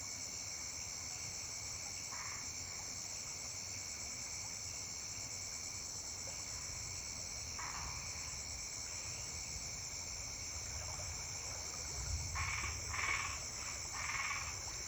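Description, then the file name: Frogs croaking in short buzzy bursts at irregular intervals, clustering toward the end, over a steady high drone and a low rumble. Frogs singing at the edge of a gently flowing river. "Sapos cantando na beira do rio correntenza delicada"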